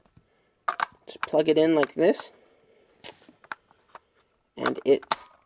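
A plastic Power Rangers Legacy Morpher toy is being plugged into its belt buckle holder while someone talks, with light plastic handling taps and knocks heard between the words. The clip ends before the morpher snaps into the buckle, so nothing has seated or clicked yet.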